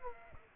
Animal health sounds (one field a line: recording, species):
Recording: mosquito wingbeat signal from an infrared sensor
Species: Aedes aegypti